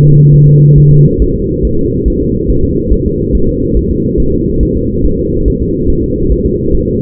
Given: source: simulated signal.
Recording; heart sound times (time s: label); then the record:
fetal heart sounds
0.04 s: S2
0.34 s: S1
0.48 s: S2
0.78 s: S1
0.92 s: S2
1.22 s: S1
1.36 s: S2
1.65 s: S1
1.79 s: S2
2.08 s: S1
2.22 s: S2
2.50 s: S1
2.64 s: S2
2.92 s: S1
3.06 s: S2
3.35 s: S1
3.49 s: S2
3.77 s: S1
3.91 s: S2
4.20 s: S1
4.34 s: S2
4.63 s: S1
4.77 s: S2
5.05 s: S1
5.19 s: S2
5.48 s: S1
5.62 s: S2
5.90 s: S1
6.04 s: S2
6.32 s: S1
6.46 s: S2
6.75 s: S1
6.89 s: S2
From the record:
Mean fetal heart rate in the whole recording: 140 bpm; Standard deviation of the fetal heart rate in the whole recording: 2 bpm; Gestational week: 34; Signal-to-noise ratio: -16.4 dB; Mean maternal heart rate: 72 bpm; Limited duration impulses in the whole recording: present